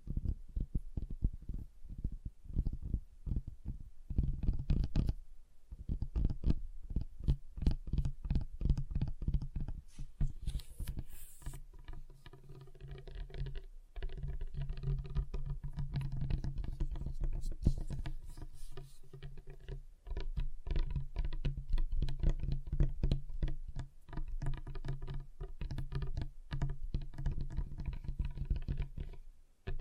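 Fingers tap and drum on a table, a dense, uneven stream of quick knocks that runs nearly the whole time with short pauses around 5 and 14 seconds. The hits are mostly low and thuddy, with a brief brighter scraping sound near 11 seconds.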